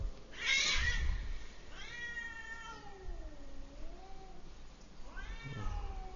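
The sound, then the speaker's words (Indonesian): Cats wanting to mate yowl in drawn-out, wavering cries, one long howl sliding up and down in pitch, then a rising second call, with a harsh burst at the start and steady background noise. “Kucing mau kawin ribut.”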